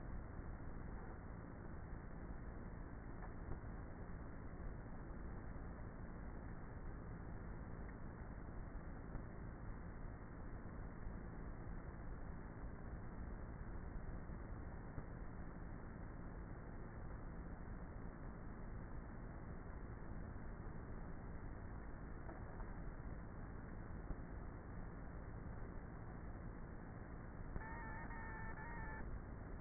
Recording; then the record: honeybee colony, microphone inside the hive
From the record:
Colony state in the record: queenless with a low population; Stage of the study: before two queens were removed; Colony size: about 30,000 bees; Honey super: no